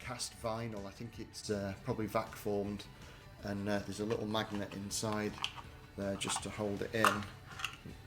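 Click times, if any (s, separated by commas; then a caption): 7.6 s. Someone talks while a vacuum-formed vinyl dummy magazine with a small magnet inside is pushed into the magazine well of a Stormtrooper E-11 prop blaster built on a deactivated Sterling submachine gun. The dummy stands in for the original magazine so that one is not destroyed. It clicks into place at 7.7 s, and the magnet holds it seated.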